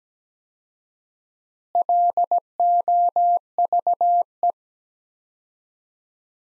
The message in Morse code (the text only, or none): LOVE